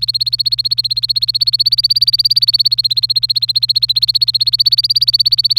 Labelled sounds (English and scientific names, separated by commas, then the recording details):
Domestic Canary (Serinus canaria) song
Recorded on 27 April 2018 at 15:32
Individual llb3